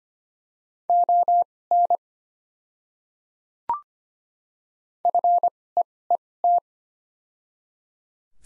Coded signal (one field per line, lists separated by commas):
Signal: Morse code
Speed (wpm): 25 wpm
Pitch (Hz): 700 Hz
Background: none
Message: ON FEET